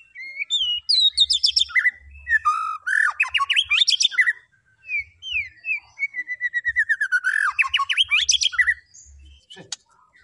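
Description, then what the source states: White-rumped shama song, varied fluting whistles and dense rising trills, with one long, smooth whistled phrase and a quiet stretch near the end. Lure recording of a vigorously singing white-rumped shama (murai batu gacor), meant to provoke other birds into responding.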